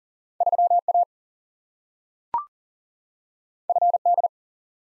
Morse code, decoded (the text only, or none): 3A FD